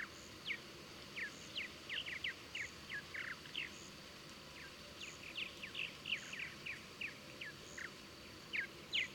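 Birds chirping softly, a loose stream of thin downslurred notes against noticeable background noise and faint repeating high pulses.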